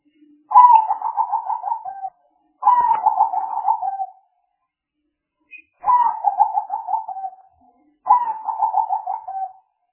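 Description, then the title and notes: Spotted dove cooing in four pulsed phrases, each a run of quick throbbing coos sliding down at the end. Lure sounds used for trapping, a collection of calls. "Pikat Burung Tekukur Paling Ampuh. Kumpulan suara burung tekukur paling ampuh"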